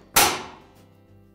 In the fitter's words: they snap when they latch in